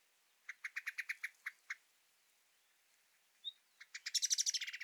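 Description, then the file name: Common blackbird giving a short, dry, rattling chatter, a pause with one thin high note, then a louder harsh rattle. "Turdus merula"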